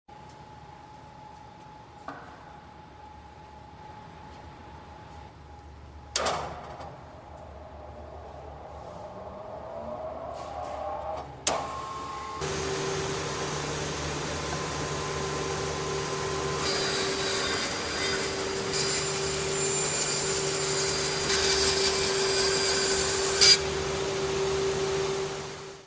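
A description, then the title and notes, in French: Scroll sawing: after a quiet opening with a faint steady whine and a few sharp knocks around 2, 6 and 11 seconds, a machine starts with a steady droning hum. From about 17 to 24 seconds a bright, hissing cutting sound rides over the motor. Chantournage (INRS 2009 - 26s).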